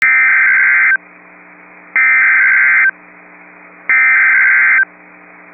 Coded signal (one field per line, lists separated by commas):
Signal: Emergency Alert System (SAME) tones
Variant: header bursts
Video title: Tornado Warning (Sioux County, ND) (8/28/24) [EAS #23]